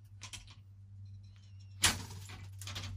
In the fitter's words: it clicked in so i'm holding in place a little bit